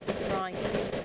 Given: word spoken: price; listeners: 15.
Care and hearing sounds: one English word in noise, from a listening test; noise modulated by three-talker babble; -5.3 dB; 1 of 15; 7 of 15; 0.65 s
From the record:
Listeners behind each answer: 7, 1, 1, 1, 1, 1, 1, 1, 1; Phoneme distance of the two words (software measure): 17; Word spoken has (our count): 1 syllable, 4 phonemes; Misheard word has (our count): 1 syllable, 3 phonemes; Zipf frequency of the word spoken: 5.28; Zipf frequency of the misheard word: 4.89

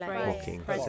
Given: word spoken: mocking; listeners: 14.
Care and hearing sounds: one English word in noise, from a listening test; four-talker babble; -0.2 dB; 1 of 14; 6 of 14; 0.49 s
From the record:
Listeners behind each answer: 6, 2, 2, 1, 1, 1, 1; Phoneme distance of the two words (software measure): 20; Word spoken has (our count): 2 syllables, 5 phonemes, stress on syllable 1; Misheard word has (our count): 2 syllables, 5 phonemes, stress on syllable 1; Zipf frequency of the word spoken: 3.13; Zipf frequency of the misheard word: 4.92

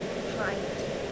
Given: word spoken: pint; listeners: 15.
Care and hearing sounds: one English word in noise, from a listening test; speech-shaped noise; -4.7 dB; 2 of 15; 6 of 15; 0.72 s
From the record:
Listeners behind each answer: 6, 2, 2, 1, 1, 1, 1, 1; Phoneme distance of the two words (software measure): 17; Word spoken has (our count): 1 syllable, 4 phonemes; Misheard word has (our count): 1 syllable, 3 phonemes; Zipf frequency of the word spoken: 4.14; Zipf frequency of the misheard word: 4.46

